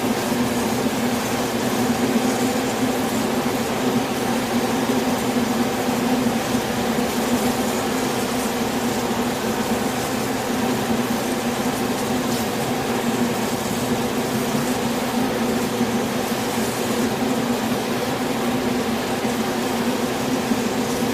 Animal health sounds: honeybee colony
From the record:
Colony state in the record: swarm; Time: day

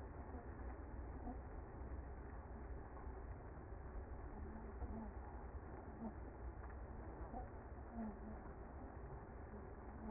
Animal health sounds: honeybee colony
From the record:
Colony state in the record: active

